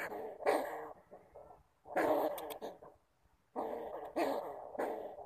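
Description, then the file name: Bamboo rat uttering a few gruff, breathy growls separated by silences, with a sharp click among them. "Tieng dui keu"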